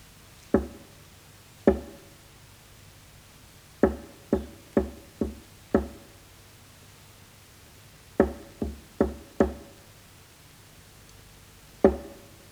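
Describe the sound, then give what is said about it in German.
Sharp knocking signals rap against a prison cell wall in patterned bursts: two spaced knocks, then two quick runs of about five, then a single final rap, with quiet pauses between and no voices. “Ich sitze in der Zelle und warte auf die Klopfzeichen.”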